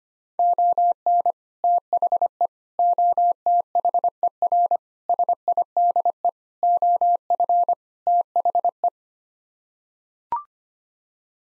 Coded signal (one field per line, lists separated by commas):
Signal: Morse code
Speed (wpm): 25 wpm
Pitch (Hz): 700 Hz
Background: none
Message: ON THE OTHER SIDE OF THE